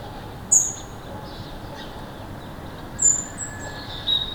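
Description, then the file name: European robin giving three separate high, thin, slightly descending notes spaced about a second or more apart, with a low steady rumble of background noise. "Erithacus rubecula"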